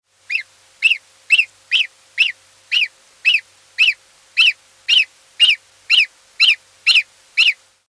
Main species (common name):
Greylag Goose